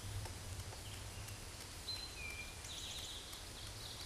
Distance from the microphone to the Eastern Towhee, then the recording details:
about 45 m. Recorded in a Pennsylvania forest on 17 May 2023 at 13:14. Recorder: AudioMoth, point grid1_32_low. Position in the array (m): 119 m, 84 m